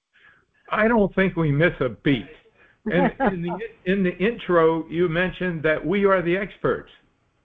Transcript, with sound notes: I don't think we miss a beat.
(laughs)
And in the int- in the intro, you mentioned that we are the experts.